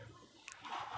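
While assembling an AMD Ryzen 7 gaming desktop PC, a PC power cable connector is pushed into its socket on the motherboard or a component after its orientation is pointed out. A short, sharp click sounds at 0.5 s, followed by rising broadband handling noise. The connector is seated.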